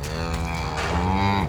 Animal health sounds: contact call of a hoofed animal; cattle; low-frequency (closed-mouth) or high-frequency (open-mouth) call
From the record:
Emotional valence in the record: negative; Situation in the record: full separation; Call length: 1.49 s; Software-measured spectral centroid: 2440 Hz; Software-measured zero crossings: 1880 a second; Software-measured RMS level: -24 dBFS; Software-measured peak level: -10 dBFS

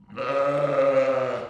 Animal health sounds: contact call of a hoofed animal; sheep; low-frequency (closed-mouth) or high-frequency (open-mouth) call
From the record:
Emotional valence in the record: positive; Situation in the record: reunion with pen mate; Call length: 1.49 s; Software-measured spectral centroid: 1430 Hz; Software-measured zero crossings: 1400 a second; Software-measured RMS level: -23 dBFS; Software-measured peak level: -11 dBFS

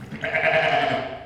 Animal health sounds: contact call of a hoofed animal; sheep; low-frequency (closed-mouth) or high-frequency (open-mouth) call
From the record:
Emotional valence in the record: negative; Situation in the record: short social isolation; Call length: 1.26 s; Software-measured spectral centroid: 1820 Hz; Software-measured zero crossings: 2240 a second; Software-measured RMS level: -23 dBFS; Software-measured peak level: -7 dBFS

